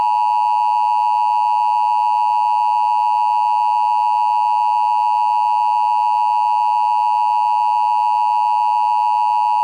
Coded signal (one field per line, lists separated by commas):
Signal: Emergency Alert System (SAME) tones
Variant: 853 and 960 Hz attention tone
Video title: EAS Scenario - CaseOh's Rampage (Part 1) (Remastered) (Season 1, Episode 1)